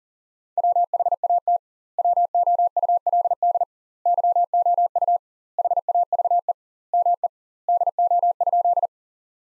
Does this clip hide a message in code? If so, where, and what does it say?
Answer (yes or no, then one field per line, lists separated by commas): yes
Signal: Morse code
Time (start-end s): 0.6-8.9 s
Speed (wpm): 37 wpm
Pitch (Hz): 700 Hz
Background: none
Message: WHAT WOULD YOU HAVE ME DO?